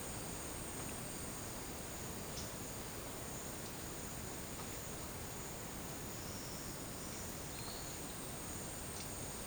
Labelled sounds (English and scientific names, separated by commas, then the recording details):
none
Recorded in dense forest near Puerto Asís, Putumayo, Colombia, on 24 March 2025 at 12:30
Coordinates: 0.481, -76.323
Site G088